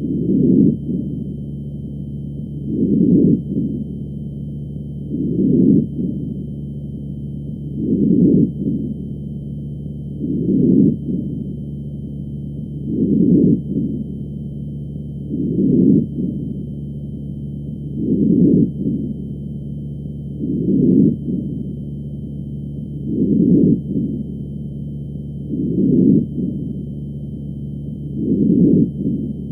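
Normal vesicular breath sounds heard over an adult chest with a stethoscope, soft low-pitched breaths repeating about 24 times a minute.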